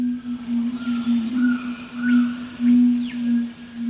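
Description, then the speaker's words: Red-ruffed Fruitcrow deep booming display calls, a series of low hoots, with faint higher bird notes and slurred whistles above. Male booming display calls in mountain forest, northeastern Argentina. "It's a male red-ruffed fruit crow booming out its display calls."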